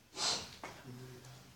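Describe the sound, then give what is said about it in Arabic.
A single sneeze, a sharp, hissy burst of breath ending in a quick snap, followed by a brief low voiced murmur. “رحمك الله.”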